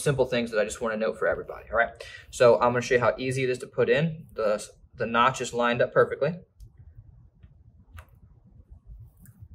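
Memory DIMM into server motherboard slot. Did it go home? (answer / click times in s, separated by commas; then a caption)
no / none. Someone talks while a memory DIMM is lined up with its notch aligned to a slot on an HP ProLiant DL380 G6 server motherboard. After the talking stops at about 6.5 seconds, only faint handling sounds follow. The module has not been pushed home yet, so nothing has seated or clicked.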